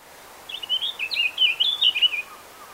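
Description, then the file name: Eurasian blackcap song: a quick, rich warbling phrase of jumbled whistled notes that rise and fall, lasting about two seconds over a quiet background. "Sylvia atricapilla"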